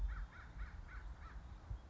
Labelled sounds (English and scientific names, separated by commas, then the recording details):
American Crow (Corvus brachyrhynchos)
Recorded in Sonoma County, California